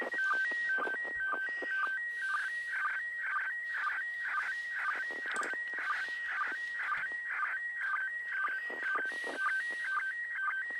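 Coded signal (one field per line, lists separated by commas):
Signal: SSTV (slow-scan television)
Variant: PD 120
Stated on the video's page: Live SSTV transmission from the ISS during a pass.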